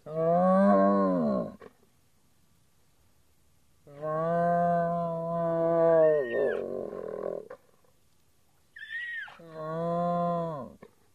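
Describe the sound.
Hyena calls: three drawn-out, low harmonic moans separated by quiet gaps, the second ending in a rough, noisy stretch, with a short high squeal just before the last.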